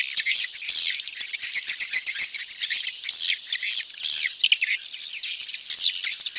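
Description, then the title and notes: Swiftlet chirping calls, a dense chorus of high, rapid twittering chirps in quick uneven bursts throughout, with brief gaps between clusters. Call used for swiftlet farming in Asia. "Swiflet Bird Sound. Farming Swiflet Bird asia sound"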